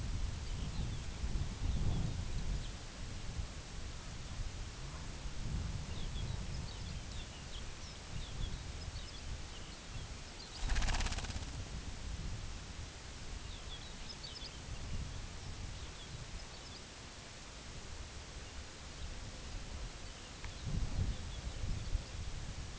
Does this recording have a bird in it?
yes